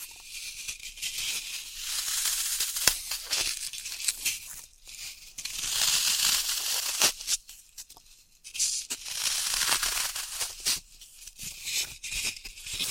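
Floral foam is crushed and cut in dense, crackling bursts of bright crunching, with brief near-silent pauses around four and eight seconds.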